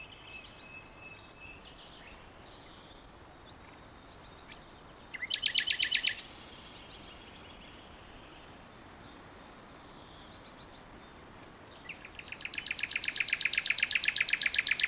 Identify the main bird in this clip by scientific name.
Luscinia megarhynchos